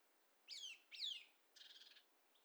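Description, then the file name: Eurasian nuthatch giving two sharp downslurred calls, followed by a brief rapid rattling trill. "Sitta europaea"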